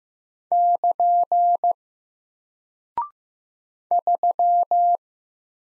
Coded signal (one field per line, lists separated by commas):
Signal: Morse code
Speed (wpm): 15 wpm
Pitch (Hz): 700 Hz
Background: none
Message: <KN> 3